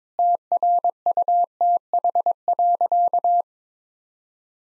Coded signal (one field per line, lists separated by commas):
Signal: Morse code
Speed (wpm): 21 wpm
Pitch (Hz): 700 Hz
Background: none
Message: TRUTH.